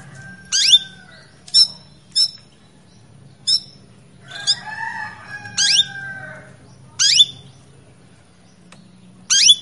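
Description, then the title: Belgian canary calls: sharp, bright chirps repeated irregularly, with a drawn-out lower call in the middle. Female Belgian canary in breeding condition, calling to males to bring them into breeding condition. "Canto Para Esquentar Canário Belga. Suara Kenari Betina Birahi Memanggil Pejantan"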